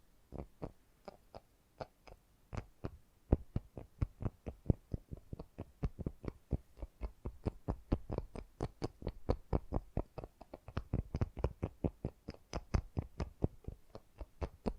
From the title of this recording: Fast & Gentle Tapping